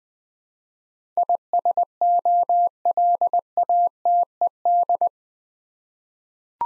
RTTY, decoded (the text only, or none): none